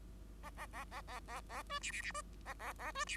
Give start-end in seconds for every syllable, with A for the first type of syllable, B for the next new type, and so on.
0.43-0.50 A, 0.56-0.67 A, 0.72-0.84 A, 0.91-1.01 A, 1.07-1.20 A, 1.28-1.41 A, 1.49-1.63 A, 1.70-1.79 B, 1.81-1.92 C, 1.92-2.02 C, 2.02-2.12 C, 2.14-2.22 B, 2.45-2.54 A, 2.59-2.73 A, 2.79-2.92 A, 2.94-3.05 B, 3.06-3.17 C